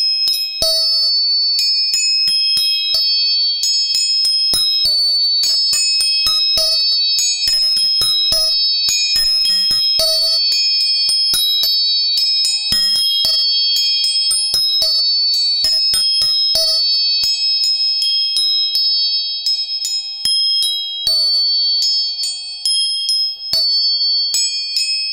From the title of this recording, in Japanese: 音叉チューニング